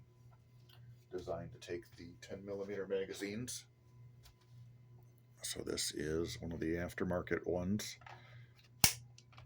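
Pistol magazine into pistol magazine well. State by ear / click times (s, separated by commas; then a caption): seated / 8.8 s. An aftermarket 10mm magazine is pushed into a pistol's magazine well while someone talks. It latches with one sharp metallic click at 8.8 s, followed by faint small ticks. The magazine is seated and locked in place with a good purchase.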